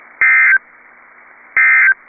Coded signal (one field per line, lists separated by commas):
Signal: Emergency Alert System (SAME) tones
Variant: end-of-message bursts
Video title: P-O-L-K and Texas | EAS Alerts from 5/18/21 (EAS #379-386)